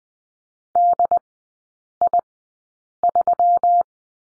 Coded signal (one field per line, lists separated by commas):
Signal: Morse code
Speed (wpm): 20 wpm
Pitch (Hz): 700 Hz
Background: none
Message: DI3